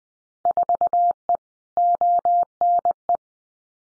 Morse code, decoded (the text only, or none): 4E ONE